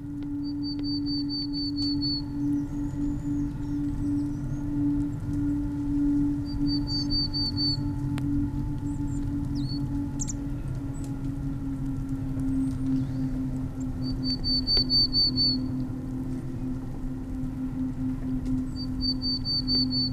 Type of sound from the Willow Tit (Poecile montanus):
song